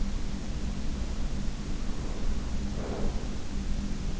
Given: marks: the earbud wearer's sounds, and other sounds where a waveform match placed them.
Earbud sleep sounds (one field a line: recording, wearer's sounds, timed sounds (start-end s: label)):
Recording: sounds in sleep by an in-ear microphone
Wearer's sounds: breath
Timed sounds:
1.91-3.32 s: breath